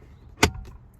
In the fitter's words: nice click okay awesome